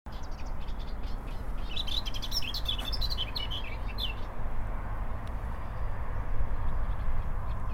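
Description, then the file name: Eurasian blackcap song: one brisk phrase of varied, rapid warbled notes lasting about three seconds, over a steady low rumble of background noise. "Sylvia atricapilla"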